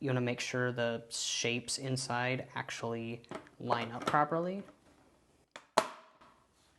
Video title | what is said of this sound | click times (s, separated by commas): Bambu A2L Unboxing + Setup Tutorial EASY | They should just click into place. | 5.8 s